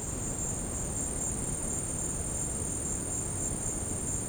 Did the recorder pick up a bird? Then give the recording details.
no. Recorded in dense forest near Puerto Asís, Putumayo, Colombia, on 19 February 2024 at 16:30. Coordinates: 0.486, -76.316. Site G6437